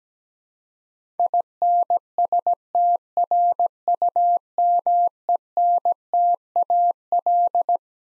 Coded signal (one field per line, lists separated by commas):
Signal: Morse code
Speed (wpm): 17 wpm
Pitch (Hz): 700 Hz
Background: none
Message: INSTRUMENTAL